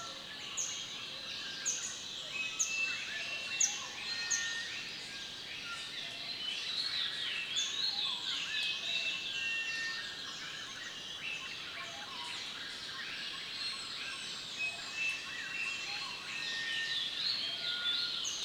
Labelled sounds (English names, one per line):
African Blue Flycatcher